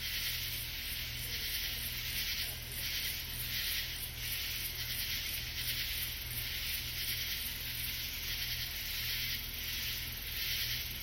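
Katydid raspy call, broad buzzy bursts repeated in a loose series, over a constant low hum.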